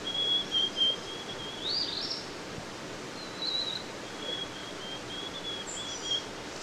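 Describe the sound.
White-throated sparrow: thin, steady whistled notes of a white-throated sparrow song, partly masked by other bird sounds and a rushing natural background.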